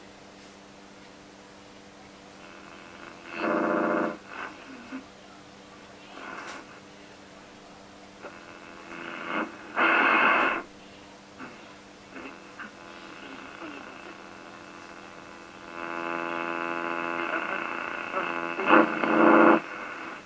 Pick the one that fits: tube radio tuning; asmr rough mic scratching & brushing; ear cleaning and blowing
tube radio tuning